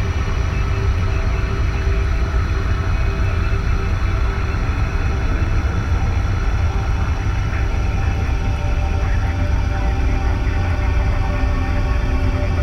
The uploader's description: the sounds of an arctic vessel’s engine idling along with the sounds of occasional cracking ice in the background